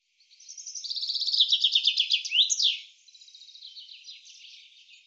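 Bird song: a fast run of high, bright chirping notes ending in a loud sweeping slur, followed by a softer twitter.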